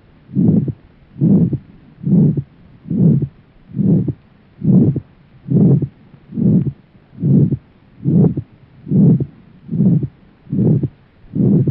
Aortic stenosis sound effect.